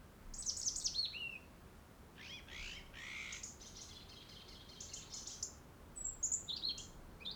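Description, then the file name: European robin singing varied high phrases of thin whistles and quick twittering, some notes sliding downward, with brief pauses between bursts. "Erithacus rubecula"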